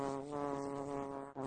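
Bee buzz, a continuous low hum with a steady pitch and a brief break shortly before it resumes at the end.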